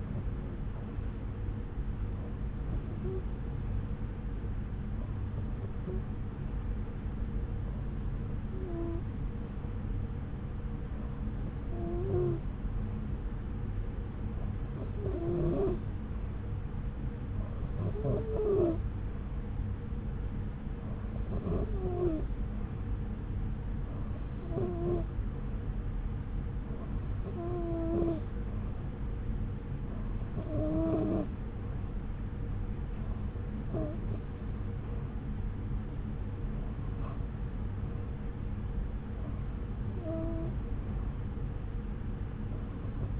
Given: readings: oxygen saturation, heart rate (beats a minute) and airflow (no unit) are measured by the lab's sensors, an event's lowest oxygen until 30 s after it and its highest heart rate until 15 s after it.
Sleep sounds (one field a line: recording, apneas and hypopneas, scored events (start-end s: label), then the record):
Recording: breathing in sleep by a smartphone at the bedside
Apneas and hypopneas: none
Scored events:
none scored
From the record:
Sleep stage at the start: REM sleep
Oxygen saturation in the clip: 92 to 93%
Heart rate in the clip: 69 to 71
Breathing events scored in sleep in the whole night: 303 in 8.1 hours asleep